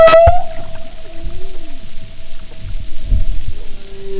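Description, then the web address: Humpback whale sounds: a sharp burst followed by a long thin steady tone and a soft falling whoop, with low bubbling water noise. "Marine Mammals humpback"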